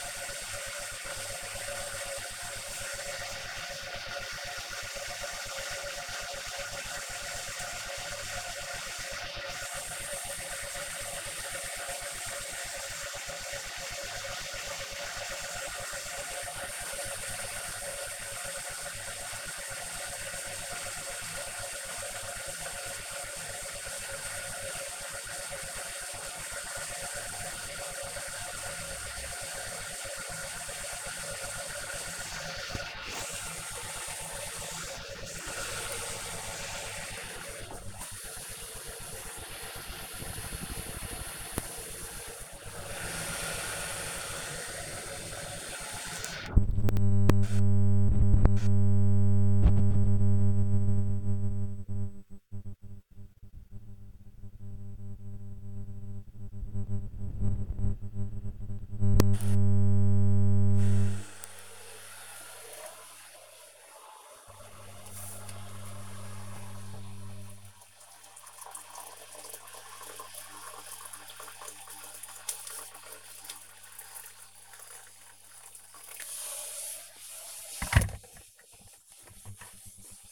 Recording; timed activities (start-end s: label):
household activities, microphone on the right wrist
0.00-79.41 s: making tea